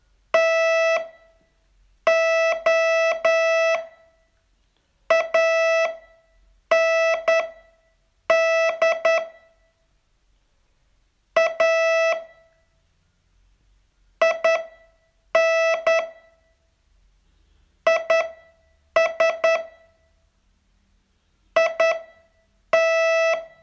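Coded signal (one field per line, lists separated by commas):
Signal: Morse code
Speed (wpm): 10 wpm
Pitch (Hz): 660 Hz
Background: none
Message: TO AND A IN IS IT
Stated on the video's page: Morse training test, day 39 of a 42-day course.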